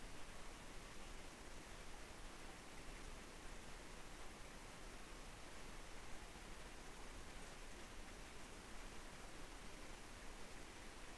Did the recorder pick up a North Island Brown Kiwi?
no